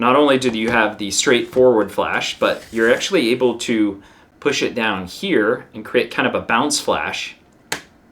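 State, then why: Seated. Someone talks while pushing the pop-up flash head on a Leica digital camera body, about 20 years old, down into its tilted bounce position so it fires up at the ceiling. A single sharp snap is heard at 7.7 s as the flash head locks into place.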